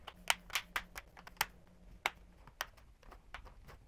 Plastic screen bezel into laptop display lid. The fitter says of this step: until you hear it clip all the way around